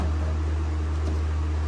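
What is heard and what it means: The plastic clip of a window regulator on a 1999–2004 Jeep Grand Cherokee is being worked toward the window track inside the car door with a longer bar, so it can lock onto the track. Only a steady low hum and even broadband hiss are heard, with no distinct hit or snap. Nothing has clicked or seated yet.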